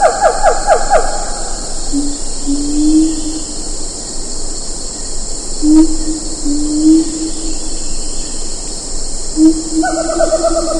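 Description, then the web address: Siamang calls open with a rapid burst of barks, followed by slow low hoots repeated every few seconds, under constant high insect buzzing. "earth naturelibrary assets s si siamang"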